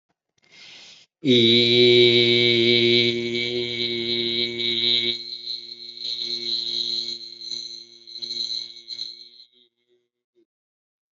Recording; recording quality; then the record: sustained vowel as in beet; excellent, no background noise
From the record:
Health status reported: respiratory illness, not identified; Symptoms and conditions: asthma, hypertension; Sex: male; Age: 81 years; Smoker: not ticked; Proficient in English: yes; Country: India